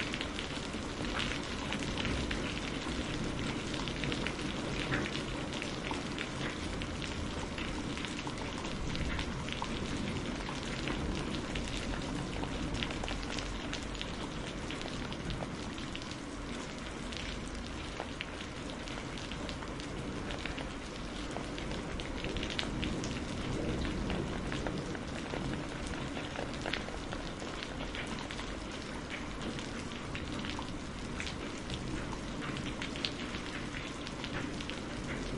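Steady rain falls throughout, a dense even hiss with crisp pattering drops and no clear thunder, holding constant from start to finish.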